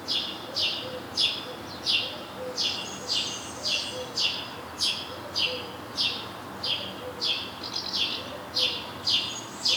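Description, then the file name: House sparrow giving a steady series of short, harsh chirps, roughly one every half second to second, over a faint background hiss. "Passer domesticus"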